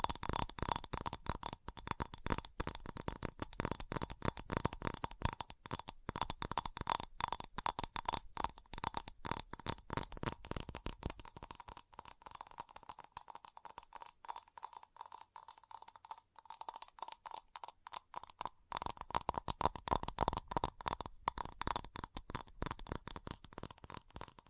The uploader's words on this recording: ASMR Fast Tapping for Intense Tingles (No Talking).